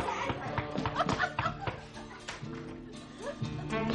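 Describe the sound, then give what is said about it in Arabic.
Several sharp, irregular knocks on a door in the stage play 'Poverty Is No Crime' break through a noisy jumble of voices and laughter, the thuds fairly loud but partly buried under the overlapping chatter. “كفى كفى كفى، انتبهوا، أليس هناك أحد يطرق الباب؟ بالتأكيد هناك من يطرق الباب.”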